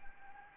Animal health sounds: mosquito wingbeat signal from an infrared sensor; Anopheles arabiensis

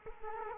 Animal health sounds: mosquito wingbeat signal from an infrared sensor; Culex quinquefasciatus

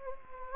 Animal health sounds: mosquito wingbeat signal from an infrared sensor; Anopheles gambiae

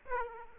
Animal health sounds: mosquito wingbeat signal from an infrared sensor; Aedes aegypti

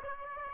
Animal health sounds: mosquito wingbeat signal from an infrared sensor; Aedes aegypti

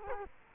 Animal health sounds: mosquito wingbeat signal from an infrared sensor; Culex quinquefasciatus

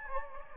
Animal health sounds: mosquito wingbeat signal from an infrared sensor; Anopheles gambiae

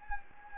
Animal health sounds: mosquito wingbeat signal from an infrared sensor; Anopheles gambiae

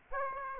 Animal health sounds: mosquito wingbeat signal from an infrared sensor; Aedes aegypti

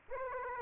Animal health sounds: mosquito wingbeat signal from an infrared sensor; Aedes aegypti

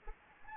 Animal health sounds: mosquito wingbeat signal from an infrared sensor; Anopheles arabiensis

